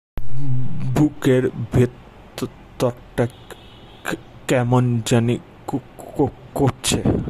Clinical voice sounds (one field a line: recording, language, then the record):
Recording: elicited speech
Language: Bengali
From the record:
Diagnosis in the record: Broca's or global aphasia after a stroke